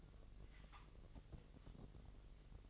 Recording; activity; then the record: daily activity, microphone in the room; take from stove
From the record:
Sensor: 4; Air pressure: 1000.1 hPa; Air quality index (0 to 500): 233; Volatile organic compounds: 32 ppm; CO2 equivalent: 3004 ppm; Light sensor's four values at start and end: 9/20/8/8 and 9/19/8/7